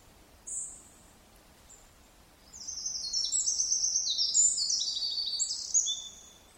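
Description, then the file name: Eurasian wren song: one sharp high note, then a fast, energetic cascade of shrill trills and rattles lasting nearly four seconds. "Troglodytes troglodytes"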